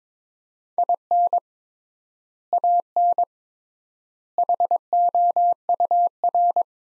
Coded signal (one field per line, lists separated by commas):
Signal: Morse code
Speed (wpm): 22 wpm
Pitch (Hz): 700 Hz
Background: none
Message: IN AN HOUR